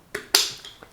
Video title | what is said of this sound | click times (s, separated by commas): DIY Dodgeball Thrower Attempt 3 | what I pushed it down it snapped into place because there's a tiny tiny little lip here | 0.4 s